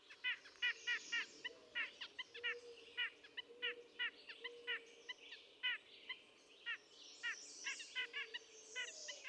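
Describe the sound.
White-breasted nuthatch nasal notes, repeated in an irregular series, with a low tone and hissy background noise.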